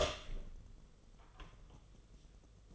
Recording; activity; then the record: daily activity, microphone in the room; open door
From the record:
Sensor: 4